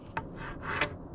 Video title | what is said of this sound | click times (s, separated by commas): Tour ultimate New ProMaster w/ radiant floor heating, shower, Fresair AC, & more! And it's for SALE! | little click they'll let you know that it's unlocked and then you can open the cabinet | 0.2 s